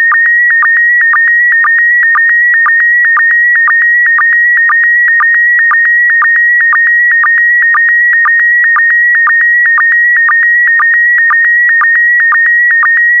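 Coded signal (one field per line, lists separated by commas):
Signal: SSTV (slow-scan television)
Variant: PD120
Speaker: complete. You can now check your decoded image against the picture that is shown on the video.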